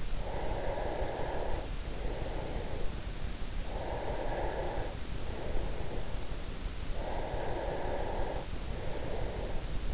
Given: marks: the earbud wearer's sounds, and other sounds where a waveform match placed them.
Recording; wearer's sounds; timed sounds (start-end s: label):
sounds in sleep by an in-ear microphone; breath
0.00-3.02 s: breath
3.54-6.25 s: breath
6.89-9.88 s: breath